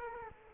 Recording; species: mosquito wingbeat signal from an infrared sensor; Culex quinquefasciatus